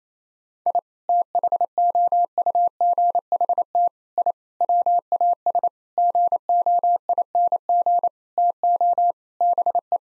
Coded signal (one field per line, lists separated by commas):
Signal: Morse code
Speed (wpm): 28 wpm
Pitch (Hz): 700 Hz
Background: none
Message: I THOUGHT I WAS GOING TO BE